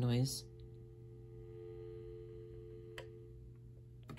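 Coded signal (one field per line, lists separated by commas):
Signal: telephone call progress tone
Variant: North America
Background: speech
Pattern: dial tone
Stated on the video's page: Call progress tone heard on a Cortelco 219400-VOE-27S Patriot II memory desk phone.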